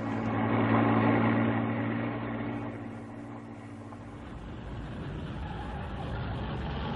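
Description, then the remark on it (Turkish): A car engine idles with a steady, low droning hum for a few seconds, then gives way to a softer, rougher rumble of motor noise that continues to the end. “Arabayı şu gölgeliğe bırakalım.”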